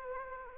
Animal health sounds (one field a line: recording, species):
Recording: mosquito wingbeat signal from an infrared sensor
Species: Anopheles gambiae